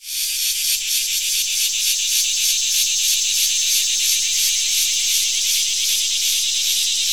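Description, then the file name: Crickets calling in a dense high chorus, with regular pulsing over a steady hiss. Crickets, from a sound effects library. "Digiffects Sound Effects Library - Crickets and a Cicada"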